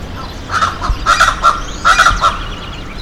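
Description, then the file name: Speckled chachalaca calling in loud, grating honks, delivered in three short clusters of harsh notes, with faint background noise. Recorded at Balneário Camboriú, Santa Catarina, Brazil, on 23 November 2005. "Ortalis-guttata-Bal Camboriu-SC 23-11-05-ASilveira"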